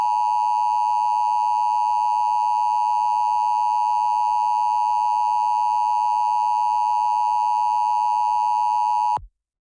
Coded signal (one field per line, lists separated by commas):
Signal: Emergency Alert System (SAME) tones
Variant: 853 and 960 Hz attention tone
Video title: eas scenario tsunami pt 2